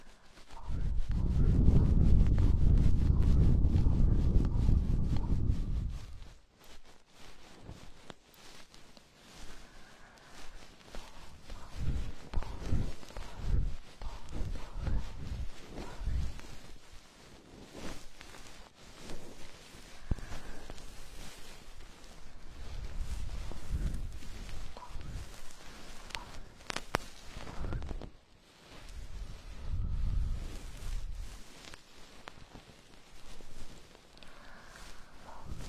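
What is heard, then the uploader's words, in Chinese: Ear cleaning with a goose-feather stick opens with a heavy muffled rumble, then soft close rustling and scratching, broken by intermittent low brushing thumps. 鹅毛棒掏耳朵 轻语。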